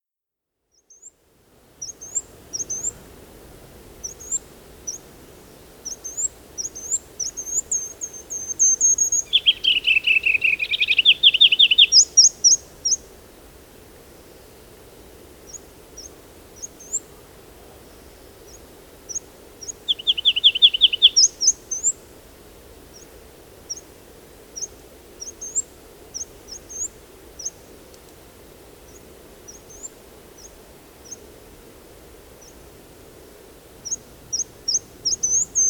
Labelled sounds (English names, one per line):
Ruby-crowned Kinglet song